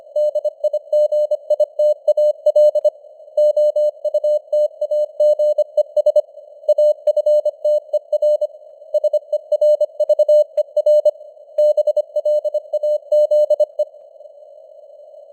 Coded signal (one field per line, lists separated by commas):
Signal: Morse code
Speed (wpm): 25 wpm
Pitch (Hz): 600 Hz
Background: none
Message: DIGITAL OUTAGES AFTER SERVER BLAZE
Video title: Morse Code News | 2025-09-29 | 25wpm